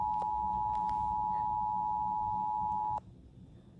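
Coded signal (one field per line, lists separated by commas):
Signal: Emergency Alert System (SAME) tones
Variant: 853 and 960 Hz attention tone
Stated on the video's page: Severe thunderstorm warning alert.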